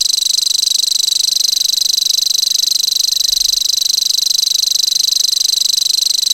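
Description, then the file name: Common grasshopper warbler producing a continuous high buzzing reel of very rapid clicks, unchanging in pitch. "grasshopper warbler omkicau"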